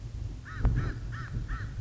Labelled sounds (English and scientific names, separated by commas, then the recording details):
American Crow (Corvus brachyrhynchos)
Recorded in Sonoma County, California